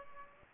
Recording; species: mosquito wingbeat signal from an infrared sensor; Aedes aegypti